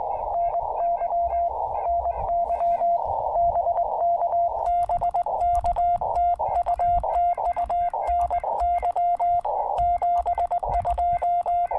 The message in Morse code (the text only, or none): NY NY BK BK TU TU NY 72